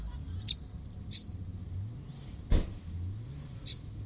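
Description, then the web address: Bird calls: a few brief high chirps, some doubled, scattered across a few seconds over a steady low rumble, with one sharp click midway. "Deverinetal 2025. Bird Only"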